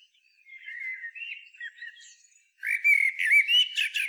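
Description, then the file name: Common blackbird: a soft warbled phrase, a short pause, then a louder burst of clear whistles and squeaky high twitters. "Turdus merula"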